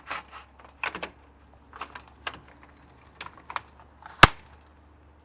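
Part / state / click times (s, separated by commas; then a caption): awning support arm into its caravan wall bracket / seated / 4.2 s. An awning support arm is held out, its handle lifted, and the arm pushed back onto its caravan wall bracket. Several light knocks and rattles over a steady low hum lead to a loud, sharp click at 4.2 seconds as the arm locks into place.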